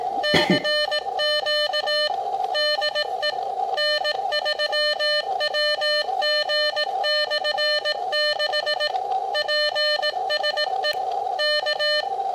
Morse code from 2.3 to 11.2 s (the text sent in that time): DE N3WG/6 PSE